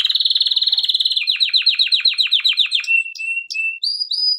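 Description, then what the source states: Canary song, a fast trill that slows into distinct repeated chopped notes, followed by short level whistles and sharp chips. Intended for training canaries.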